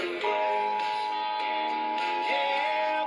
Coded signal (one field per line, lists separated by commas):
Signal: Emergency Alert System (SAME) tones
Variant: 853 and 960 Hz attention tone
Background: music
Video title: The Last GA RMT of 2021 (EAS #529-543)